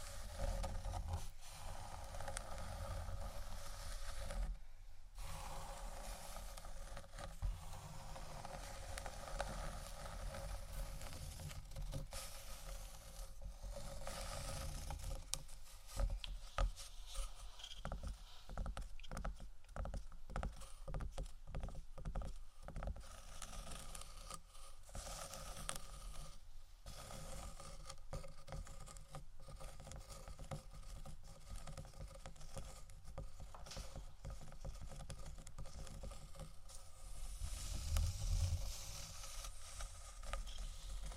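Wooden items are tapped and scratched in a steady, dense stream of small knocks and rasping strokes. The taps come thickest around the middle, from about 15 to 25 seconds. A low rumble runs underneath throughout.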